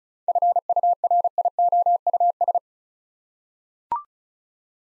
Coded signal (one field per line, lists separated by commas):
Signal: Morse code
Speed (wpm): 36 wpm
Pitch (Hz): 700 Hz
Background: none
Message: FURIOUS